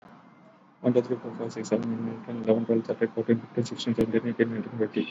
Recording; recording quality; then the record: counting at a fast pace; moderate, slight background noise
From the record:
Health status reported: exposed to COVID-19, no respiratory illness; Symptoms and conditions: cough, cold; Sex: male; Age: 30 years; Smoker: no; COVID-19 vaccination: both doses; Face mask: worn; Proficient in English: yes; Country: India